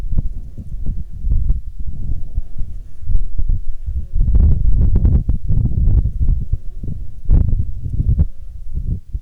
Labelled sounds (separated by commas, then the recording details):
wind, insects
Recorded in Ivvavik National Park, Yukon, on 18 June 2019 at 14:11
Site SINP09